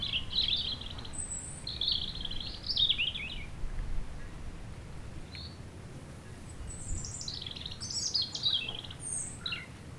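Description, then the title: European robin song in two main bursts of high, liquid warbles and quick descending trills, with a quiet gap between them and constant wind noise below. Sunny sloping lawn by the beach in Chindrieux, France, sheltered from the north wind; robin singing not far off, with wind murmuring in the trees. "Chem. des Rubellines, Chindrieux, France - rouge gorge"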